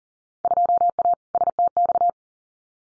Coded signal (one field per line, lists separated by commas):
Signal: Morse code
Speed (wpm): 42 wpm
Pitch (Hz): 700 Hz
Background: none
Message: 2A STX